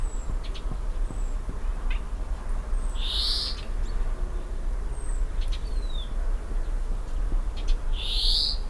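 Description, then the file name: European greenfinch giving two harsh, buzzy calls about five seconds apart, with faint thin high notes and low rumbling background noise. "Chloris chloris"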